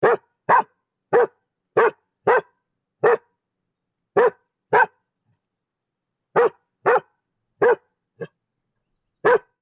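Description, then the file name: Dog barking, sharp single barks in irregular runs, about thirteen barks with a longer pause midway, nothing else heard. "dog barking 01"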